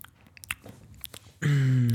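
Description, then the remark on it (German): Crisp, irregular crunches of potato chips being chewed in a chip-tasting guessing game, a quick series of sharp bites, then a loud, sustained tonal vocal sound abruptly takes over for the last half-second. “Die nächste Chipsorte.”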